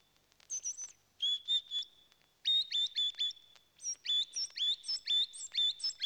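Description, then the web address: Bird call of high, clipped whistled notes, first in a short run, then in a faster, more uneven series after a brief pause. "animali uccelli uccelli birds"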